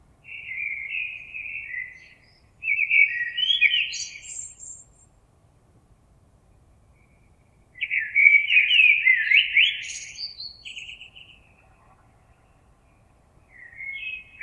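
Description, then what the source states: Common blackbird song: several mellow warbled phrases, some with thin high twittery notes, separated by pauses. Recorded on 26 April 2022.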